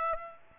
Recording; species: mosquito wingbeat signal from an infrared sensor; Aedes aegypti